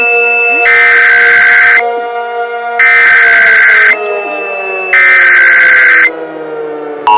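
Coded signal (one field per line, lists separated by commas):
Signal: Emergency Alert System (SAME) tones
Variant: header bursts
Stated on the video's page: Simulated EAS scenario about a nuclear power plant incident.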